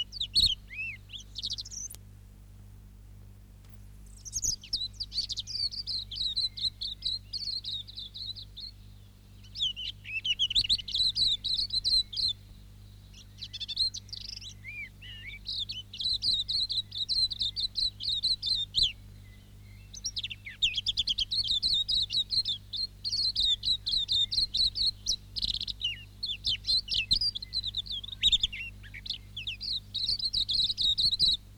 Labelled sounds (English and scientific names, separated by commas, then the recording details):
Silvereye (Zosterops lateralis)
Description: Silvereye/wax-eye song
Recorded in New Zealand